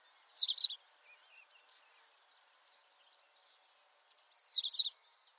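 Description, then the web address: White wagtail giving two quick high chirps about four seconds apart. "cianscape birddata Deverinetal 2025"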